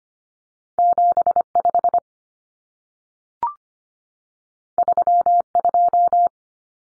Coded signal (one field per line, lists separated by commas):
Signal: Morse code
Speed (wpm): 25 wpm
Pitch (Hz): 700 Hz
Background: none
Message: 75 32